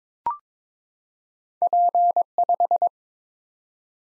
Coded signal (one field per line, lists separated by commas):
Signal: Morse code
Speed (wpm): 22 wpm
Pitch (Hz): 700 Hz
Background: none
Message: P5